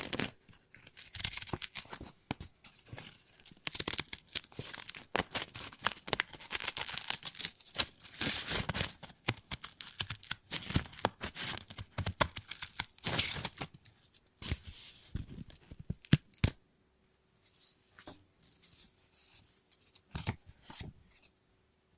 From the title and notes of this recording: ASMR Scissors No Talking Snips and Cutting Paper.